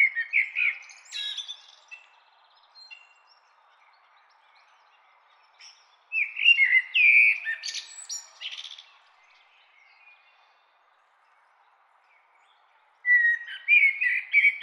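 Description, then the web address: Bird song in three separate bursts of quick, varied chirps and twittering notes, with quiet gaps of several seconds between bursts. "bird ljud"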